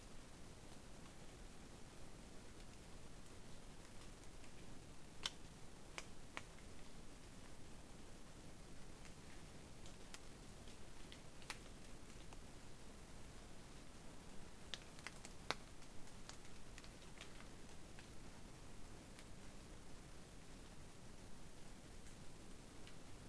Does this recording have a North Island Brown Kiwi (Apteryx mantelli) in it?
no